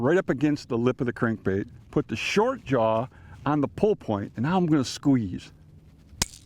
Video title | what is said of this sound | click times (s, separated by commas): Tuning a Crankbait with the EZ Crankbait Tuner | You hear that click? | 6.2 s